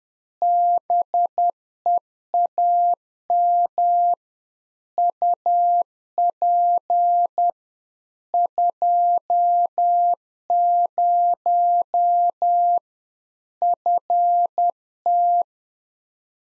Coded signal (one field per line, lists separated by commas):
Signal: Morse code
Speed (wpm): 10 wpm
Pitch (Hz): 700 Hz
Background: none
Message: BEAM UP 20 FT